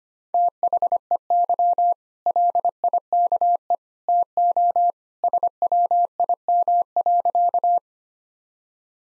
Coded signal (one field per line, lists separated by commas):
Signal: Morse code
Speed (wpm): 25 wpm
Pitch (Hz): 700 Hz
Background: none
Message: THEY LIKE TO SWIM.